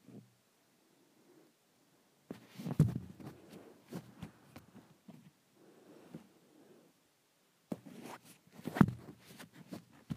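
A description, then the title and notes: Swishing around the microphone comes in bursts of rubbing and knocking, loudest near three and nine seconds, with quiet low murmurs between. ASMR Swishing around the Microphone.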